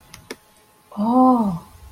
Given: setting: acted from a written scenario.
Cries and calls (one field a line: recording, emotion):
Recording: vocal sound without words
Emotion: awe